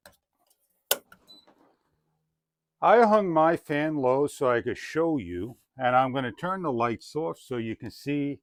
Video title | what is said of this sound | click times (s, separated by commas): Mpayel Ceiling Fans with Lights and Remote - Low Profile Flush Mount Ceiling Fans | this will lock into place if it's done right | 0.9 s